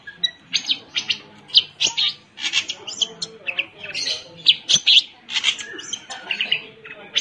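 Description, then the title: Long-tailed shrike song, uneven and varied: scratchy chirps, short whistles and harsher notes over a faint noisy background. Combination song. "Cendet Kombinasi"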